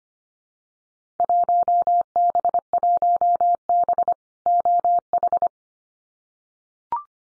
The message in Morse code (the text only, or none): 1B1B OH